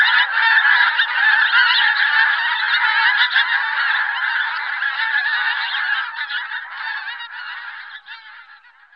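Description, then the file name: Pink-footed goose flock calling, a dense, continuous chorus of overlapping high honks and yelps that slowly thins and fades toward the end. "Anser brachyrhynchus"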